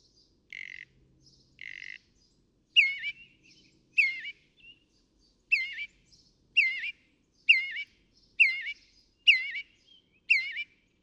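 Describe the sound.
Northern mockingbird song: two buzzy notes, then a quick whistled phrase repeated about eight times at a fairly steady pace.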